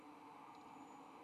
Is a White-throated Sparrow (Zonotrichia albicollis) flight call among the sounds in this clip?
no